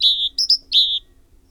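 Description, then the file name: Great tit phrase of drawn-out high whistles, a long note, two short higher notes, then another long whistle, with a faint steady hum. "Parus major"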